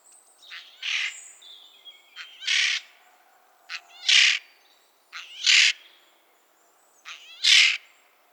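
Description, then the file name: Eurasian jay screeching: five harsh, noisy rasps, each introduced by faint clicking or creaky notes. "Garrulus glandarius"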